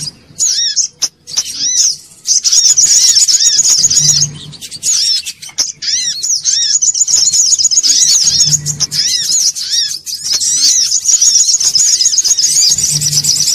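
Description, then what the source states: Sogok ontong song: dense, very high chattering with repeated downward-slurred notes and fast trills, nearly continuous, with brief low humming bursts underneath. Bird-training (masteran) song.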